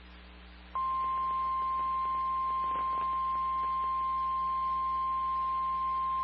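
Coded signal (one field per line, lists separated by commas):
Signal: Emergency Alert System (SAME) tones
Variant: 1050 Hz attention tone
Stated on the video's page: EAS tones for a Severe Thunderstorm Warning.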